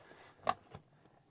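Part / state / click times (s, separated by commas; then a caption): roof clamp on camper pop-top frame / seated / 0.5 s. A roof clamp on the aluminum frame of a pop-top camper snaps shut after the pop-up roof panel is pressed down one-handed. One sharp snap sounds at 0.5 s, followed by a softer knock at about 0.8 s. The clamp is seated.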